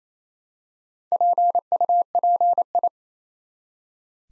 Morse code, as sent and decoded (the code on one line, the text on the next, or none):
.--. ..- .--. ..
PUPI